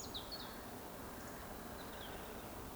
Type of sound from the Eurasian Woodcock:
whistle